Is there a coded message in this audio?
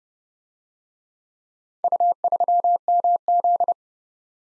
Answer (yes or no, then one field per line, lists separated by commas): yes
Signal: Morse code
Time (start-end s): 1.8-3.7 s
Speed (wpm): 29 wpm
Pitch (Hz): 700 Hz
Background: none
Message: U3MZ